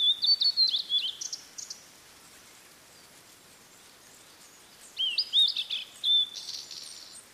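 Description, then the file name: Blue-and-white flycatcher song: two clear whistled phrases, high and warbling, each ending in short buzzy notes, separated by about three seconds of quiet hiss. "oruri"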